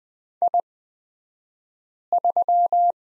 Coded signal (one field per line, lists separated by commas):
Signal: Morse code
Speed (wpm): 20 wpm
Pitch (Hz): 700 Hz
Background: none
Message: I3